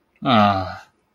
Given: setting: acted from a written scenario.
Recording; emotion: vocal sound without words; disappointment